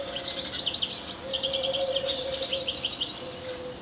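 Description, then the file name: European goldfinch giving a continuous stream of bright tinkling notes and trills, over a soft low drone. "Carduelis carduelis"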